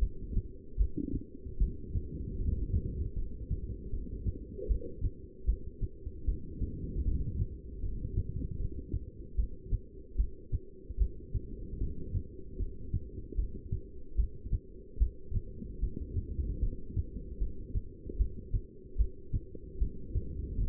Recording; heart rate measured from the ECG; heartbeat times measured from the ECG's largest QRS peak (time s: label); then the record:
heart sounds by stethoscope; 76 bpm
0.00 s: heartbeat
0.78 s: heartbeat
1.59 s: heartbeat
2.38 s: heartbeat
3.15 s: heartbeat
3.91 s: heartbeat
4.68 s: heartbeat
5.46 s: heartbeat
6.26 s: heartbeat
7.04 s: heartbeat
7.82 s: heartbeat
8.58 s: heartbeat
9.37 s: heartbeat
10.17 s: heartbeat
10.99 s: heartbeat
11.80 s: heartbeat
12.58 s: heartbeat
13.37 s: heartbeat
14.17 s: heartbeat
14.99 s: heartbeat
15.81 s: heartbeat
16.61 s: heartbeat
17.39 s: heartbeat
18.18 s: heartbeat
18.98 s: heartbeat
19.79 s: heartbeat
20.60 s: heartbeat
From the record:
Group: heart failure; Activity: rest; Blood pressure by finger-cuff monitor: 167/99 mmHg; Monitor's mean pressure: 124 mmHg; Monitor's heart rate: 76 bpm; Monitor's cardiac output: 8.5 L/min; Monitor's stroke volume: 112 mL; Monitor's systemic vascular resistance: 1090 dyn s/cm5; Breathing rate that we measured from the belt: 13 breaths a minute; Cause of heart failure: non-ischemic cardiomyopathy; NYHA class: 1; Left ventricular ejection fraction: 62%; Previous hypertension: present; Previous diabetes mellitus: present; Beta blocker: bisoprolol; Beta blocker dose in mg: 10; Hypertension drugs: sacubitril-valsartan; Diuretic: furosemide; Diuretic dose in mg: 20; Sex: male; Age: 49 years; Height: 167 cm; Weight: 110 kg